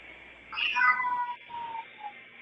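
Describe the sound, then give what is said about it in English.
A cat meows in a drawn-out, wavering call that starts high and slides down, followed by a couple of shorter, softer mews trailing off. “Can you hear he's trying to talk to you. Hang on. Go ahead, Cat.”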